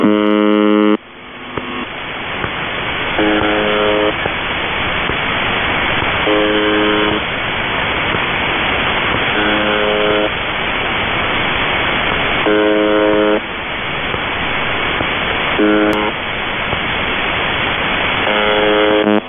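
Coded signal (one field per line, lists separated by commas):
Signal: channel marker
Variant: UVB-76 (The Buzzer)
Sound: harsh low buzzes about one second long, repeating roughly every three seconds, seven in all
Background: radio static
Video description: "The Buzzer" is a Russian military radiostation that broadcasts on 4625 kHz.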